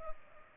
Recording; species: mosquito wingbeat signal from an infrared sensor; Culex pipiens